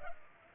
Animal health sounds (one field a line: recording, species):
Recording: mosquito wingbeat signal from an infrared sensor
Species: Culex pipiens